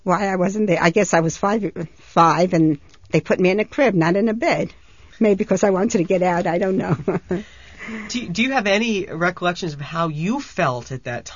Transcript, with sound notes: Why I wasn't there, I guess I was five, and they put me in a crib, not in a bed, maybe because I wanted to get out, I don't know. ( she laughs )
Do you have any recollections of how you felt at that time?